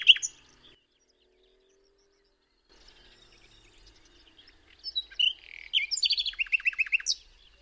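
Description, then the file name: Common nightingale song: a brief sharp note, a long pause, then a rich phrase building into fast, evenly repeated strong notes. "Luscinia megarhynchos"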